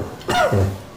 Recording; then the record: coughing mixed with background sound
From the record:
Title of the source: Mid-morning Winter Coughing Fit